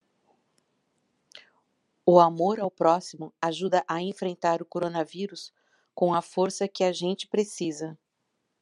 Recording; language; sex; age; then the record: spoken sentence; Brazilian Portuguese; female; 50 to 59 years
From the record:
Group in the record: control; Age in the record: 53 years